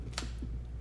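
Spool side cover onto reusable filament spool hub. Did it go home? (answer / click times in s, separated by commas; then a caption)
yes / 0.2 s. The plastic side cover of a Bambu Lab reusable filament spool holding a PLA refill is rotated on the hub until it drops into place, then turned the opposite way. A soft scrape starts around 0.1 s, and a sharp, bright click comes at 0.2 s. The cover is seated on the spool.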